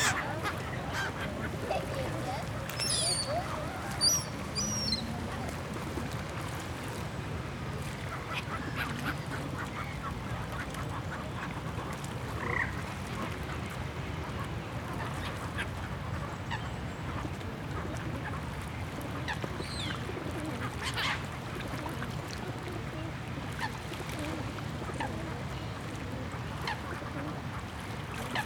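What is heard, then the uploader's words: Ducks and geese honk and quack in scattered bursts while birds are fed at the park, over a steady, dense low murmur that runs the whole time. Brief high chirps cut through near the start and again around twenty seconds. Feeding The Birds at the Park.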